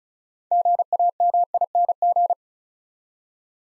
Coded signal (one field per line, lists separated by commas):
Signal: Morse code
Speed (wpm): 36 wpm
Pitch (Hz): 700 Hz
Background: none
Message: GAMING